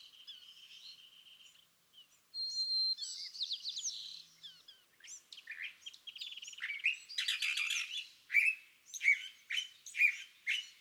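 California thrasher singing a rambling sequence of short phrases, each different: a buzzy trill, clear whistles, dry rattles and loud scratchy notes repeated in quick bursts.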